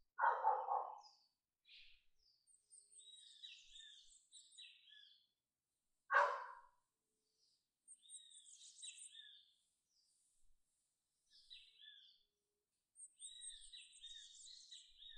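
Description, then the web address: Dog gives two single barks several seconds apart, while small birds chirp and twitter in high, scattered phrases throughout. Country village soundscape; birds singing; someone's dog barking. "il suono di un villaggio di campagna gli uccelli cantano qualcuno ha un cane che abbaia"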